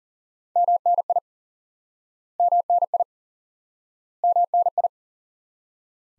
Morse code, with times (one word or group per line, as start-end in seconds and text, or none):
0.6-1.2 MNI
2.4-3.0 MNI
4.2-4.9 MNI